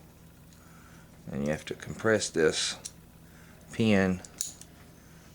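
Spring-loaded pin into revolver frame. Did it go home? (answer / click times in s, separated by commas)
yes / 4.4 s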